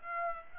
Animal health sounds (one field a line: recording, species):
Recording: mosquito wingbeat signal from an infrared sensor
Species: Aedes aegypti